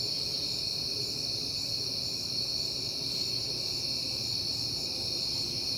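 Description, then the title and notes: Crickets in a dense, steady high chorus of several overlapping tones, continuous throughout, over a faint low rumble. Crickets on a peaceful night in September. "Night Time: Crickets and Passing Cars. It is September and I have been hearing the crickets a lot"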